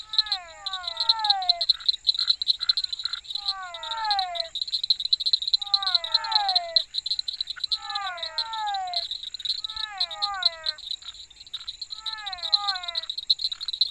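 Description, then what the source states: Frogs giving repeated descending croaks in clusters, backed by a constant shrill insect drone and chirping. Frogs together with insects.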